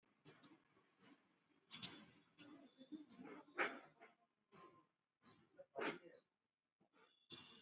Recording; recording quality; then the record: shallow breathing; poor, much background noise or distortion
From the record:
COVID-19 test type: RT-PCR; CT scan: not taken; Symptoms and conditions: cough, cold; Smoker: no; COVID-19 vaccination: both doses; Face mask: worn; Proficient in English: yes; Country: India